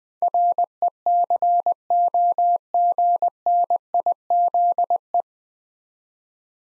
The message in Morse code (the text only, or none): RECOGNIZE